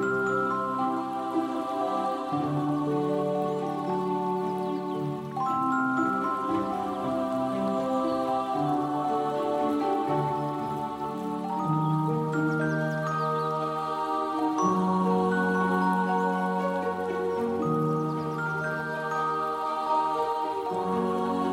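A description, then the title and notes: Soothing music plays throughout, built from slow, sustained low and mid chords that shift every few seconds, with gentle higher notes drifting above. The loudness stays steady and even. A faint, soft trickling patter runs underneath, like light water drops. Fantasy fairy house ambience. Peaceful lakeside sound w/ soothing music.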